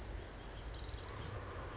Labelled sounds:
Pacific Wren
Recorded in Sonoma County, California

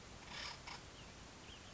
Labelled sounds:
Acorn Woodpecker
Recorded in Sonoma County, California

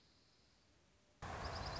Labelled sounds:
Dark-eyed Junco
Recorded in Sonoma County, California

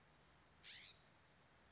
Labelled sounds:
California Scrub-Jay
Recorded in Sonoma County, California

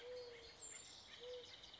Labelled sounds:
Mourning Dove
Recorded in Sonoma County, California

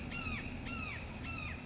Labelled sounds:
Red-shouldered Hawk
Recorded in Sonoma County, California

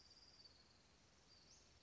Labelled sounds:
Western Flycatcher
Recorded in Sonoma County, California

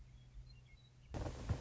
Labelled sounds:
Western Meadowlark
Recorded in Sonoma County, California

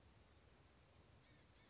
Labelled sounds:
Blue-gray Gnatcatcher
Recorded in Sonoma County, California

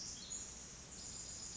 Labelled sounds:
Pacific Wren
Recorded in Sonoma County, California

